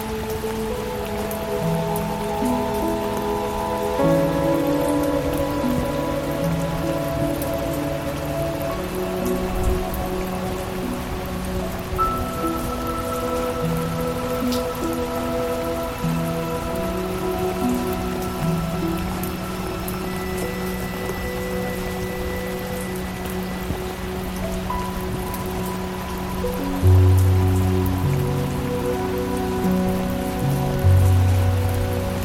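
Steady, gentle rain patters throughout, a soft even hiss with fine drops. Over it, slow, calm music plays long held notes in a low, warm register, changing pitch every few seconds, with two fuller low swells near 27 and 31 seconds.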